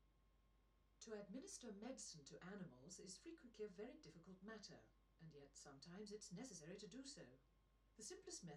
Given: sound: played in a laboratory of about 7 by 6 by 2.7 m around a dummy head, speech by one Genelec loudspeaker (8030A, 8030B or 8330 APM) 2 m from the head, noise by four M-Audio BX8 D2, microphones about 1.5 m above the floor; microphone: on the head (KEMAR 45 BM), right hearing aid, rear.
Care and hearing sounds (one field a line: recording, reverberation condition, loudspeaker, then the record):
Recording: female speech in English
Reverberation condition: low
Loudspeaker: 150 degrees to the left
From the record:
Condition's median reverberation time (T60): about 310 ms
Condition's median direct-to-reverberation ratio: about 3.5 dB